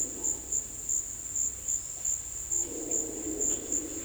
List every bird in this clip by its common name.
none